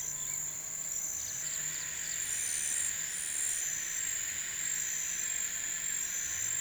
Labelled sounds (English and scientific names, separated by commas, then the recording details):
none
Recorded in pastures near Puerto Asís, Putumayo, Colombia, on 27 June 2025 at 09:30
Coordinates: 0.486, -76.323
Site H29